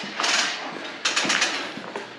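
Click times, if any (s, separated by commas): 0.2 s, 1.1 s, 2.0 s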